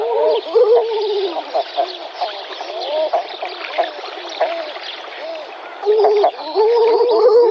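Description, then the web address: King eider calls: many overlapping cooing, gargling notes that rise and fall, repeated rapidly, louder bursts at start and end. "King Eider"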